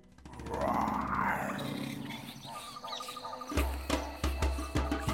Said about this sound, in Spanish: No les importa porque son valientes, aunque pensando en un poco mejor, mejor que se escondan que viene el león.